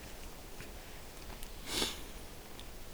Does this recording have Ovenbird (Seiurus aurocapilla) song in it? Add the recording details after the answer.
no. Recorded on 1 June 2016 at 15:48. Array SBT-3-7